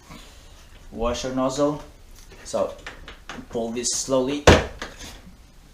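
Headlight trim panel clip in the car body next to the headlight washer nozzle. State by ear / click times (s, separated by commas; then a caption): released / 4.8 s. A trim panel beside the headlight washer nozzle on a BMW is pulled slowly off the car body while someone talks. Its plastic clip releases with a sharp click at 4.8 s, freeing the headlight trim piece.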